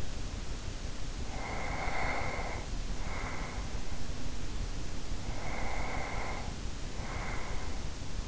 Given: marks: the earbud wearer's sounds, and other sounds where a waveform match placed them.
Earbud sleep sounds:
sounds in sleep by an in-ear microphone; breath
0.96-3.95 s: breath
5.09-8.27 s: breath

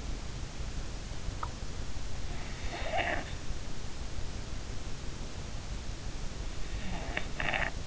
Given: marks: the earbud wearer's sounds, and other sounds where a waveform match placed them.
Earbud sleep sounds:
sounds in sleep by an in-ear microphone; snoring breath
2.71-3.36 s: snoring breath
6.83-7.87 s: snoring breath

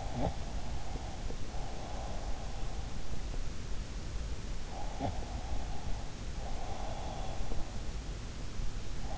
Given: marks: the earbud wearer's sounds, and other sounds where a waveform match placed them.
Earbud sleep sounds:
sounds in sleep by an in-ear microphone; breath
0.00-2.43 s: breath
4.77-7.49 s: breath

